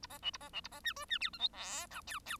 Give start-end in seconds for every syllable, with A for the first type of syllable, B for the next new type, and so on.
0.02-0.07 A, 0.09-0.18 B, 0.22-0.31 C, 0.33-0.38 A, 0.40-0.49 B, 0.53-0.61 C, 0.64-0.68 A, 0.71-0.80 B, 0.83-0.93 D, 0.95-1.05 E, 1.09-1.19 D, 1.20-1.30 F, 1.33-1.38 G, 1.38-1.48 H, 1.52-1.86 I, 1.90-2.01 J, 2.06-2.19 K, 2.25-2.37 K